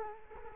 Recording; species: mosquito wingbeat signal from an infrared sensor; Culex quinquefasciatus